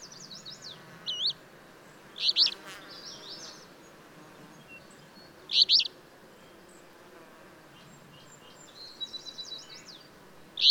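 Bird song: sharp, bright chirps at irregular intervals, mixed with fainter high twittering phrases and a steady background hiss throughout.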